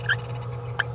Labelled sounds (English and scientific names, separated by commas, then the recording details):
Green-rumped Parrotlet (Forpus passerinus) babbling
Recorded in a nest box in Venezuela
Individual 18B17A4